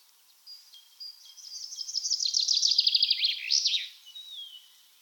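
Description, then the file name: Common chaffinch song: a run of bright notes falling in pitch, ending in a quick flourish, with faint thin whistles before and after. "Fringilla coelebs"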